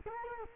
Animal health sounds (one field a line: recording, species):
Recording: mosquito wingbeat signal from an infrared sensor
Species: Culex quinquefasciatus